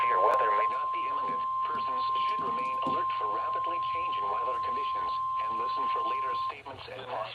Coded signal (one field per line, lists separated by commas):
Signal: Emergency Alert System (SAME) tones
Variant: 1050 Hz attention tone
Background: speech